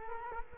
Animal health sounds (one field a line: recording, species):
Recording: mosquito wingbeat signal from an infrared sensor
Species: Culex quinquefasciatus